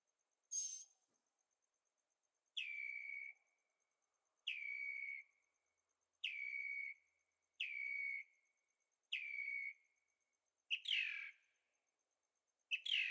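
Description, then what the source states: Bird calls, a high note then a lower, downward-sliding whistled call repeated several times. Birds singing at night in Carefree, Arizona; recorded with a Zoom H6 and stereo microphones.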